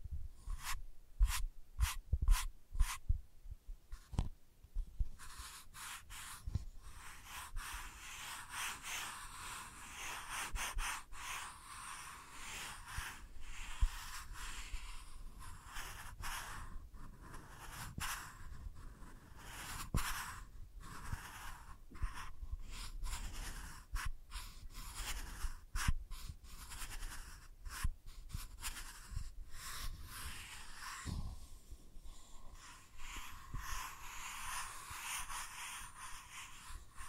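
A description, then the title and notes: Sensitive ASMR tracing: a steady, hissy scratching and brushing texture that stays bright and fairly dense throughout. It opens with a quick run of sharp taps and clicks in the first few seconds, then settles into continuous rubbing with scattered soft pops. ASMR Sensitive Tracing (No Talking).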